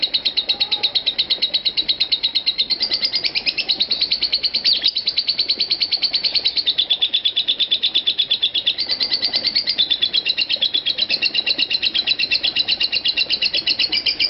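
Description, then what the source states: Lovebird giving a rapid, relentless chatter of high squeaky notes, with the pitch wandering up and down and the pace staying brisk across the whole stretch. Konslet song style.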